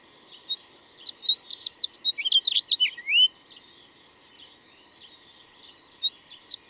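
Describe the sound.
Bird song phrase of rapid varied chirps ending in a slurred whistle, followed by soft scattered notes.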